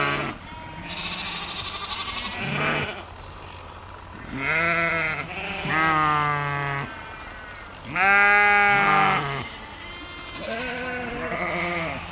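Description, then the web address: Sheep bleating, several wavering, nasal bleats of differing pitch overlapping and following one another, some deeper and some higher, with a steady low hum underneath. Sheep together with lambs, bleating. "Sheep and Lambs Bleating"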